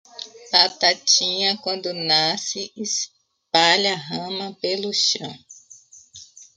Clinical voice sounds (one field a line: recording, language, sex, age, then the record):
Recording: short text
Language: Brazilian Portuguese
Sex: female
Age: 40 to 49 years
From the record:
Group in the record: control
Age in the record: 42 years